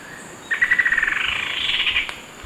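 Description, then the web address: Rufous-winged antwren giving a fast, rhythmic string of crisp notes that softens into a rougher chatter over roughly one and a half seconds, with constant insect drone. Recorded in Ecuador. "Birds of Ecuador. Rufous-winged Antwren"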